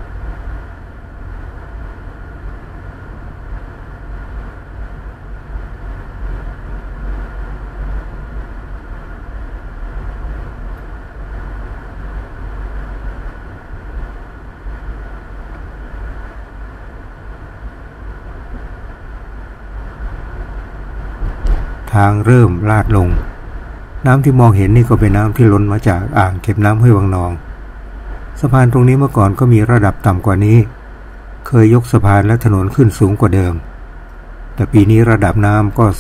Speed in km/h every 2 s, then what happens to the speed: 33, 33, 33, 33, 34, 34, 36, 36, 36, 36, 35, 31, 27, 22, 19, 15, 11, 8.
0-19 steady at about 34. 19-36 slows to 8.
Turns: none.